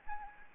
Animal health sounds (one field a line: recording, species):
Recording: mosquito wingbeat signal from an infrared sensor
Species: Anopheles gambiae